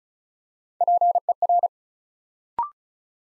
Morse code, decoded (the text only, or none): PER